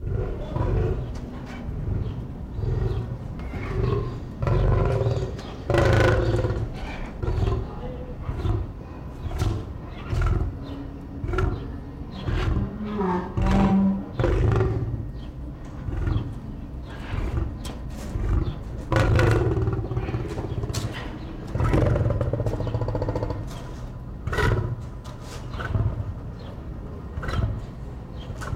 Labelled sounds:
Lion call

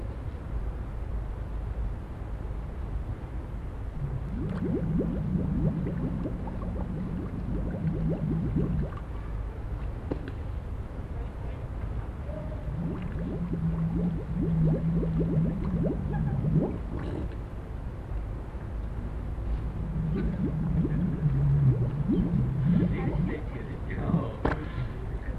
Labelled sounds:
Harbor Seal

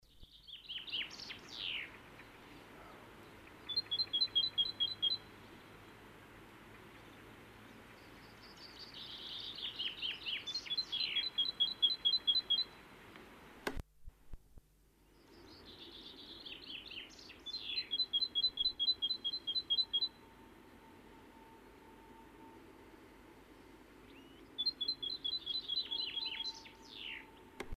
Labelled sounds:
Great Tit song
Common Chaffinch

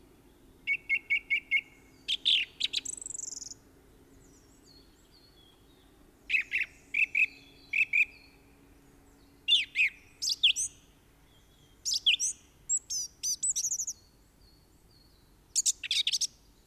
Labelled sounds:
Song Thrush song

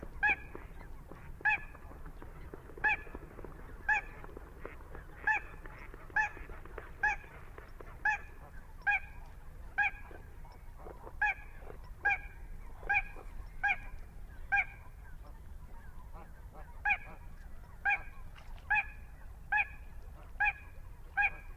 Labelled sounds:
Little Crake

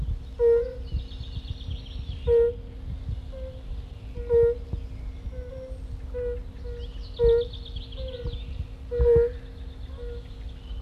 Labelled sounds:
Edible Frog call

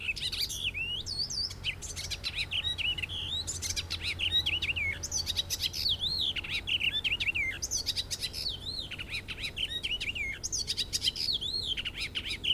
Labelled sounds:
Icterine Warbler song

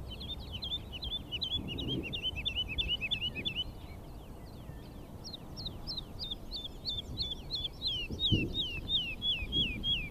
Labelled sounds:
Wood Lark flight song

